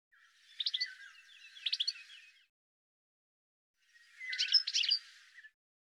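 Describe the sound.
Bird calling softly with thin high chirps and a few sharper notes in two short clusters separated by a pause.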